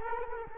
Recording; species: mosquito wingbeat signal from an infrared sensor; Culex quinquefasciatus